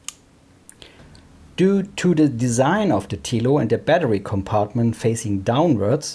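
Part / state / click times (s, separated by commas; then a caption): thermal sight bayonet ring into its rifle mount adapter / seated / 0.1 s. A thermal sight's bayonet ring is turned about 45 degrees counterclockwise and pushed from behind into its rifle mount adapter, and it seats with a sharp click at 0.1 s. A few faint ticks follow at 0.7 s, 0.8 s and 1.2 s. From about 1.6 s someone talks.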